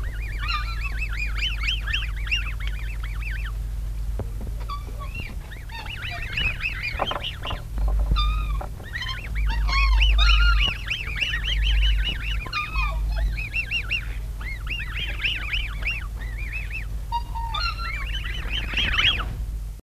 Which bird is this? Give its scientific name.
Cygnus atratus